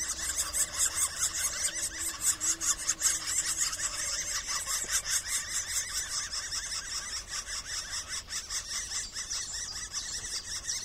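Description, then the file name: Middle spotted woodpecker calls: rapid squealing notes repeated about two or three times a second in a dense series. Daytime recording. "walter tilgner-tag mittelspecht"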